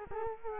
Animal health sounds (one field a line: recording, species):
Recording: mosquito wingbeat signal from an infrared sensor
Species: Culex quinquefasciatus